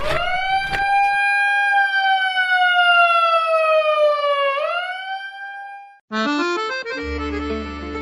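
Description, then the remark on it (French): A museum alarm siren at the Musée d'Orsay, going off as a Gauguin painting is taken down from the wall, wails loudly and steadily, its pitch sagging slowly before a quick upward swoop; it then cuts off abruptly and a short burst of music follows, with no talking. “Tu es sûr qu'il n'y a pas d'alarme?”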